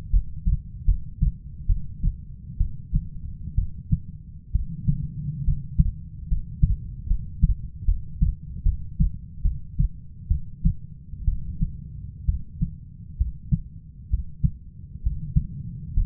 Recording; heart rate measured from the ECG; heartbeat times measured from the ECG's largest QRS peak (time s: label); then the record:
heart sounds by stethoscope; 68 bpm
0.10 s: heartbeat
0.85 s: heartbeat
1.67 s: heartbeat
2.58 s: heartbeat
3.55 s: heartbeat
4.52 s: heartbeat
5.44 s: heartbeat
6.28 s: heartbeat
7.07 s: heartbeat
7.85 s: heartbeat
8.63 s: heartbeat
9.42 s: heartbeat
10.28 s: heartbeat
11.25 s: heartbeat
12.26 s: heartbeat
13.18 s: heartbeat
14.10 s: heartbeat
15.03 s: heartbeat
15.94 s: heartbeat
From the record:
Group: healthy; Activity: rest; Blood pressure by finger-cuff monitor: 146/67 mmHg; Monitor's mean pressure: 90 mmHg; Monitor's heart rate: 66 bpm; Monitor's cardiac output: 7 L/min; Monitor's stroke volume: 98 mL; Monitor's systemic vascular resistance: 980 dyn s/cm5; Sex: female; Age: 37 years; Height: 168 cm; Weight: 70 kg